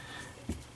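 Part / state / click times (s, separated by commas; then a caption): battery pack cable connector into faucet valve connector / not seated / none. A battery pack cable connector is twisted or pushed onto the valve connector of a KOHLER Malleco touchless kitchen faucet during installation. Against a faint steady background, there is one brief, soft, low handling thump around 0.5 s. The connector has not snapped together or seated yet.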